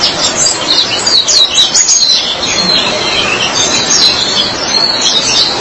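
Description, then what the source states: White-eye song, thin high twitters in loose bursts against background hiss. Chirping song.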